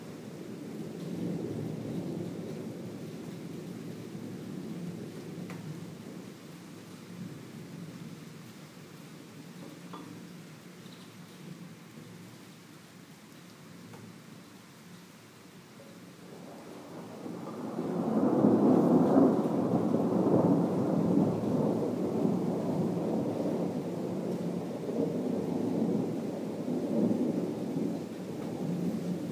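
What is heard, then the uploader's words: Thunder rumbles low and deep through a summer rain at Maybachufer. A soft roll carries the first half, then around seventeen seconds a heavier peal swells in, louder, and keeps grumbling to the end over a faint steady patter. Thunder and rain in summer at Maybachufer.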